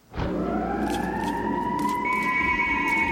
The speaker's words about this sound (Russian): Опирается на подоконник, воет американская сирена и гаснет свет.